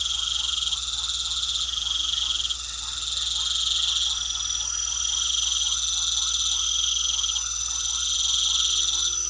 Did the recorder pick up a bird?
no